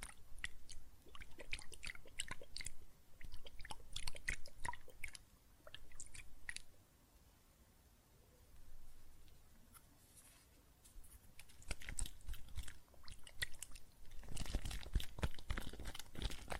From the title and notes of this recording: ASMR Relaxing Water and Soap Foam Sounds (No Talking).